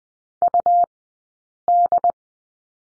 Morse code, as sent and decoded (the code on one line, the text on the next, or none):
..- -..
UD